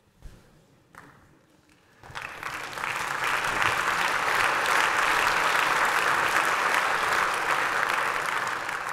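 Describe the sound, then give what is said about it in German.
A few scattered claps and taps open, then an audience breaks into steady, full applause that swells quickly and holds at a loud, even level, dense with overlapping hand claps, at the Entrepreneurship Summit 2016 after a reading of Heinrich Böll's anecdote about a fisherman. “Der Applaus gebührt Heinrich Böll, der das vor gut 50 Jahren veröffentlicht hat, Literaturnobelpreisträger.”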